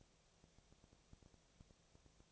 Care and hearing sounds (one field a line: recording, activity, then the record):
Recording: daily activity, microphone in the room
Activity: no activity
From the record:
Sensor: 1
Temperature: 19.6 degrees Celsius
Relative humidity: 36.5%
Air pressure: 997.0 hPa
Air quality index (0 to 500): 204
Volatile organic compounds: 129 ppm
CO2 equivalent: 3921 ppm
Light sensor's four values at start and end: 1/2/1/1 and 1/2/1/1